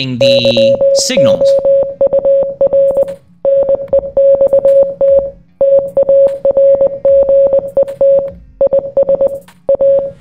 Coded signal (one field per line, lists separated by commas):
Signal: Morse code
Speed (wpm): 19 wpm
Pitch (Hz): 550 Hz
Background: speech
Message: YOUR NEXT TARGET IS A